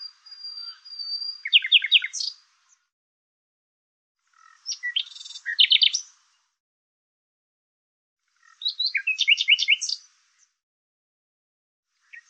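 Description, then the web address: Bird song in three separate phrases about four seconds apart, the first opening with a thin high whistle, each built on a quick series of chirped notes, with silence between. "Deverinetal 2025"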